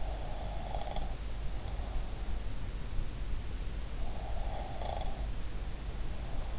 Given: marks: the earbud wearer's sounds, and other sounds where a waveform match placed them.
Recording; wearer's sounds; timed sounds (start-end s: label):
sounds in sleep by an in-ear microphone; breath
0.02-2.39 s: breath
4.10-6.59 s: breath